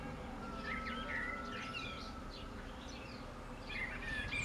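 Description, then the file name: Common blackbird song, a few rich warbling phrases with squeaky high endings, separated by a short pause. "Turdus merula"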